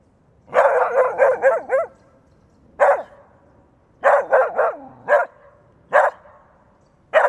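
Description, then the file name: Poodle barking: a quick run of several sharp barks, then single and clustered barks with quiet between. French poodle recorded in Bogotá. "ortegon juan bio fonia perro french puddle bogota"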